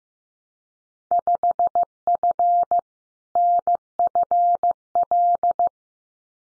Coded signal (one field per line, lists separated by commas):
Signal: Morse code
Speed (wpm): 15 wpm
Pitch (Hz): 700 Hz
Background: none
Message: 5F NFL